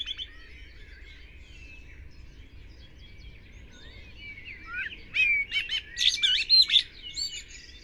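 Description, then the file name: Common blackbird: faint warbling, then a run of sharp, loud, clipped notes in the last three seconds. "Turdus merula"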